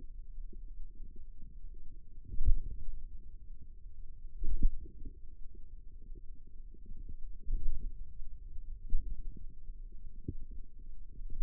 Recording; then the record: forearm muscle sounds (acoustic myography)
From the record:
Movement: pen grasping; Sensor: system 2, bracelet of six BSWA MPA416 microphones around the upper forearm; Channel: 3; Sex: female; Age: 22 years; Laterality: right